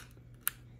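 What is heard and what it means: The Z2 motor cable plug is pushed into its mating plastic connector on a Onefinity Elite Foreman CNC machine. A single loud, sharp click at 0.5 s rises over a low steady hum and faint earlier ticks. The connector seats.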